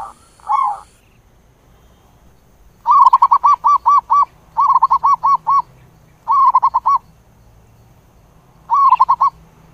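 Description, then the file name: Zebra dove cooing: a single short note, then four bursts of rapid, bouncy, rolling notes separated by short pauses. "tieng cu van co tieng gu"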